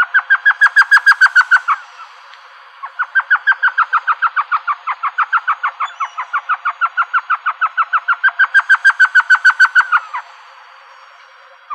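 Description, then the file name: Elf owl giving a fast run of yelping notes, a brief pause, then a longer series. Recorded in Arizona. "ELOW 1 deviche"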